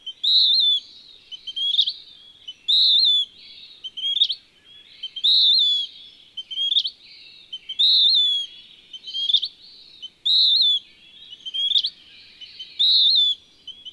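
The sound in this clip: Western wood-pewee delivering a long steady series of hoarse, downslurred whistled phrases alternating with short sharp rising notes.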